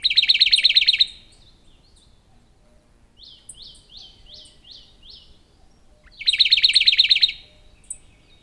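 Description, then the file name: Radde's warbler song: two loud, rapid rattling trills about a second long, several seconds apart, with softer notes in between. "warbler-radde Phylloscopus-schwarzi"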